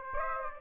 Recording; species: mosquito wingbeat signal from an infrared sensor; Aedes aegypti